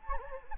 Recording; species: mosquito wingbeat signal from an infrared sensor; Anopheles gambiae